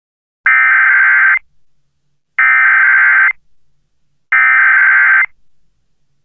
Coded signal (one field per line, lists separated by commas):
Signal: Emergency Alert System (SAME) tones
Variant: header bursts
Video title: EAS Mock: Flash Flood Warning for Lumberton, NC (Not Real, it's fake) (1/17/2018)